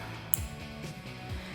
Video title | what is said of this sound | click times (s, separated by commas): Jeep Wrangler JL Raxiom Axial Series 9-Inch LED Headlights; Black Housing Review & Install | give it a nice click, | 0.3 s